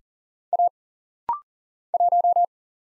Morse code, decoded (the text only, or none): A 1